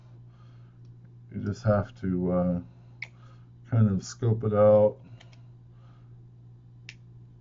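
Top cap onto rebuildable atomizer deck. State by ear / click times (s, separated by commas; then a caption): seated / 6.9 s. A metal top cap is lined up with an indent and pressed down onto the deck of a rebuildable dripping atomizer, a Velocity RDA clone by Tobeco, until it seats. Someone talks over a steady low hum, and small ticks come around 3.0 s and 5.2–5.3 s. A sharp, brief click at 6.9 s marks the cap clicking into place.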